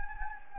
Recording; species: mosquito wingbeat signal from an infrared sensor; Anopheles gambiae